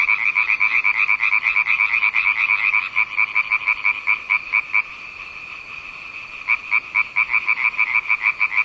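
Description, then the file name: Frogs croaking in rapid pulsed bursts, roughly two per second, with a brief lull near the middle before the chorus resumes. "zaby"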